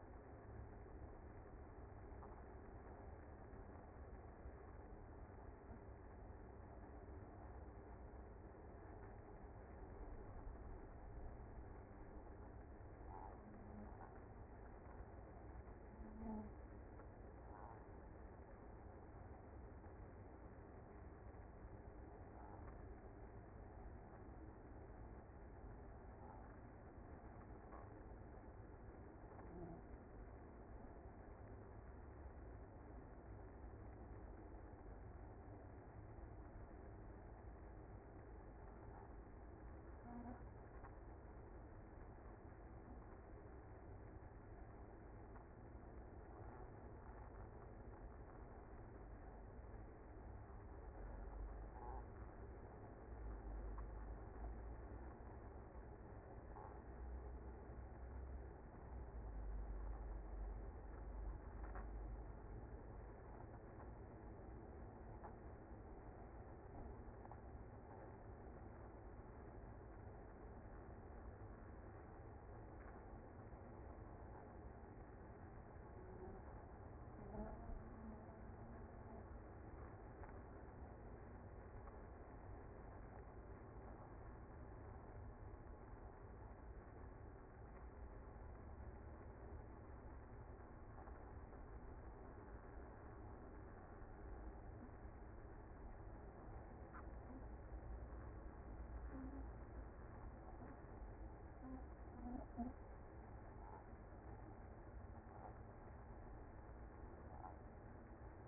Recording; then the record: honeybee colony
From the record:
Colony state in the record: active